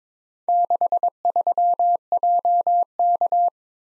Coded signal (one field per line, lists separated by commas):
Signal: Morse code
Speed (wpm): 25 wpm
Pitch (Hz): 700 Hz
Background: none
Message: 63JK